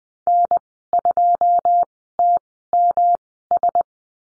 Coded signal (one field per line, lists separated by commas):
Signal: Morse code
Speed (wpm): 19 wpm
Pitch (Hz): 700 Hz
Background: none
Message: N2TMS